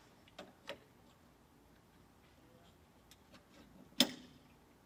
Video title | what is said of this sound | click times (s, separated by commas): 3017M DPD Chlorine Analyzer - Maintenance, Reagents and Tubing Replacement | heard him snap into place | 4.0 s